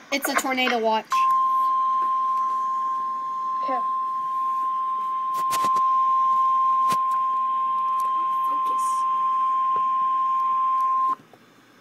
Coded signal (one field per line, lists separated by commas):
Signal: Emergency Alert System (SAME) tones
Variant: 1050 Hz attention tone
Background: speech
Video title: REAL EAS 403-Tornado watch